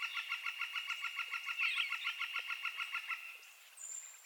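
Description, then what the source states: Northern flicker calling a rapid, steady string of repeated notes, slightly uneven in loudness, fading near the end, where a thin high whistle appears. Subspecies Colaptes auratus collaris.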